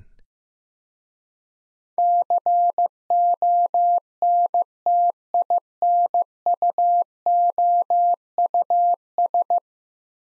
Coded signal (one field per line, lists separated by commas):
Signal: Morse code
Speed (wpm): 15 wpm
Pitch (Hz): 700 Hz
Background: none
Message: CONTINUOUS